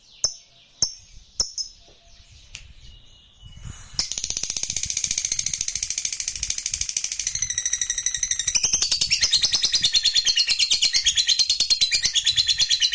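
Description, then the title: Lovebird giving a few sharp separate chirps, then breaking into a dense rapid chattering song of high twittering pulses that grows louder partway through. Fighter-type lovebird singing energetically (gacor). "SUARA Lovebird FIGHTER GACOR"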